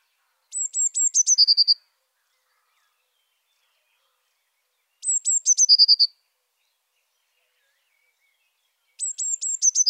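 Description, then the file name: Eurasian blue tit song repeated three times: thin high introductory notes dropping into a fast, lower trill, with long quiet gaps between phrases. Saint-Michel-l'Observatoire. "MESANGE BLEUE SAINT MICHEL LOBSERVATOIRE"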